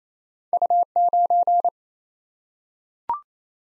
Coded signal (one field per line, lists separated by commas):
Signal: Morse code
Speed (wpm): 27 wpm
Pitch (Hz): 700 Hz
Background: none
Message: U9